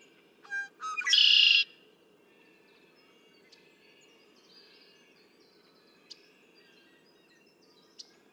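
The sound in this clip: Red-winged blackbird song: brief sharp opening notes leading into a harsh, buzzy trill, followed by quiet with faint chirps and occasional clicks.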